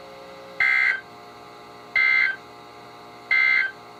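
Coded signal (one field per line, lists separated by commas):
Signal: Emergency Alert System (SAME) tones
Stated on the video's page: Real NOAA Weather Radio flood alerts from station KHB36 on 162.550 MHz, Independent Hill transmitter, received on many weather radios including Midland, RadioShack, Reecom and Motorola models.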